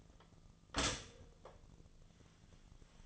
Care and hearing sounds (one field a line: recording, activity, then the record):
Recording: daily activity, microphone in the room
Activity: stop toaster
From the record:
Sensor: 4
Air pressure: 1010.1 hPa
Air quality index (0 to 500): 180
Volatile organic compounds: 5 ppm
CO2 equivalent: 1819 ppm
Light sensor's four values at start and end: 24/73/29/28 and 23/69/27/27